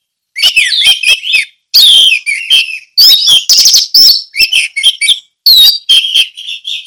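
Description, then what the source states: Orange-headed thrush singing in dense, loud phrases of scratchy high notes and slurred whistles, with brief gaps between them. Song in the ngeplong style.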